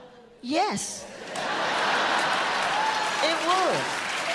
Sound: laughter; applause

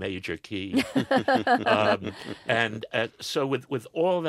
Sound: soundbite of laughter

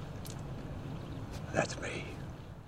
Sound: soundbite of spitting

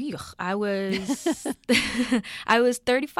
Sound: laughter

